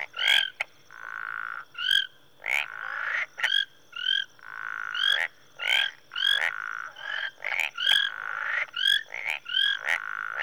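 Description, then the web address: Tree frogs calling in a dense chorus, short pulsed clicky notes and rising whistled tones overlapping in irregular bursts over a faint low hum. Several tree frogs calling in a marsh in Rwanda, Africa, in early evening. "Sound Effects Library-30 (Africa- The Natural World) 08 Rwanda- Marsh Tree Frogs, early evening"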